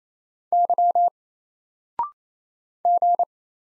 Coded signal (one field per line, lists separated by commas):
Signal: Morse code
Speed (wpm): 28 wpm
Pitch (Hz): 700 Hz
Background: none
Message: Y G